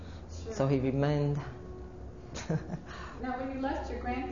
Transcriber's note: she laughs